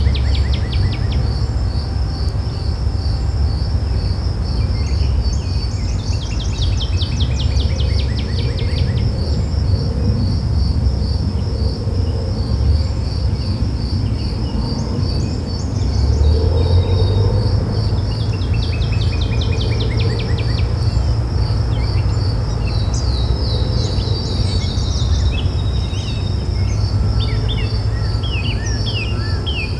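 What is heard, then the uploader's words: Birds chirp beside a highway, their calls coming in short bright bursts every few seconds over a steady low rumble of traffic. A constant high insect-like trill runs through the whole stretch, and a heavier vehicle swells briefly around the middle. Chirping Birds Near The Highway.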